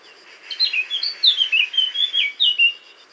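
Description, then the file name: Eurasian blackcap song, a fast warbled phrase of rich whistled notes rising and falling for about two seconds. "Sylvia atricapilla"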